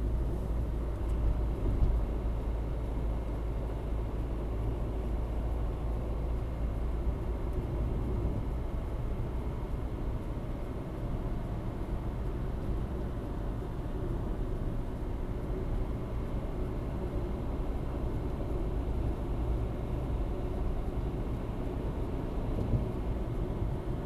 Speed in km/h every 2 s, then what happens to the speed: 59, 59, 58, 62, 65, 68, 68, 65, 62, 63, 65, 66.
4-10 speeds up to 68. 10-24 steady at about 65.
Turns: none.